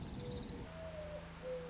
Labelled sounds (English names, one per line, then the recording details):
Mourning Dove
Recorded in Sonoma County, California